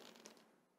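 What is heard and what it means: The snap-fit (non-screw) cap of a Graf von Faber-Castell Intuition Terra fountain pen is pulled off the pen barrel; because the cap clicks in place, it has to be pulled out rather than unscrewed. A few faint scraping ticks lead up to a short, sharp click at 0.3 s as the cap releases, and the sound then fades to quiet.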